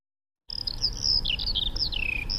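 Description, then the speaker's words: Eurasian skylark song: a continuous run of high, warbling, trilled notes that rise and fall for about two seconds, over a low background rumble. Sings gliding down to the ground from 150 m height, for minutes; heard far away; normally sings in March, sometimes February, which farmers take as a warning sign. "So klingt die Feldlerche."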